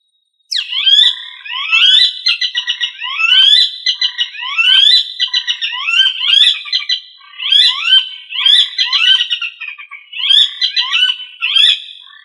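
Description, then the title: Rail calling in a sustained chatter of quick, squealing notes, grouped into repeated rolling phrases, with no other sounds. "LuckyFamilia RallidaeFrangoSama"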